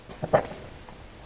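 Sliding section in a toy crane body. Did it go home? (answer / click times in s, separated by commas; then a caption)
yes / 0.4 s. A sliding section on a toy Terex AC-1000 crane body is pulled out until it clicks into its detent, locking in place like the crane's telescopic sections. A faint tap at about 0.2 s is followed by a sharp click at about 0.4 s, with quiet handling noise afterward. The section is seated in place.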